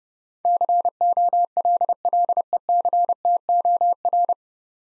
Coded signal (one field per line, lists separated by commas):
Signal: Morse code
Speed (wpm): 30 wpm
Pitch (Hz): 700 Hz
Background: none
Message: COLLECTOR